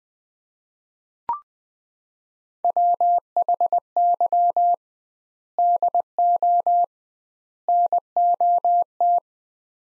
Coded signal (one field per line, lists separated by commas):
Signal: Morse code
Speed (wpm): 20 wpm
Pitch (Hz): 700 Hz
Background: none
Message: WHY DO NOT